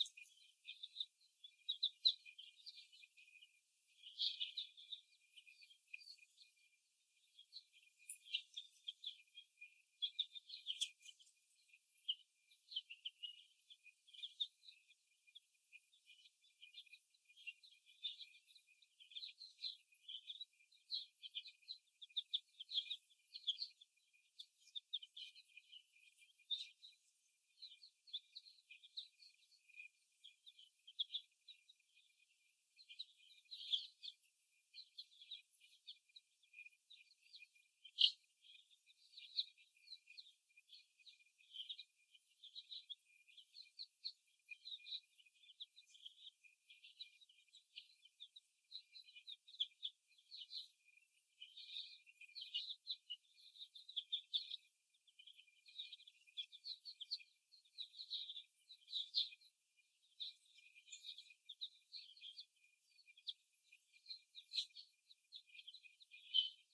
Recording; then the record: young laying hens in a cage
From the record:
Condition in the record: before the stressor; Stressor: simulated dog barking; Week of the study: 1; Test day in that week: 1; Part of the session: 2